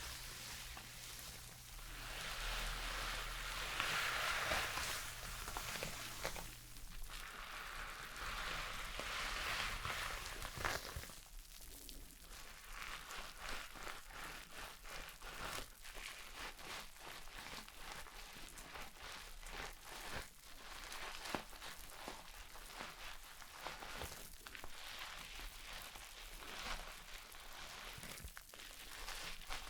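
Shampoo is worked through hair with a wet, crackling rustle, swelling in long strokes early on, then a denser, steadier scrubbing with soft clicks.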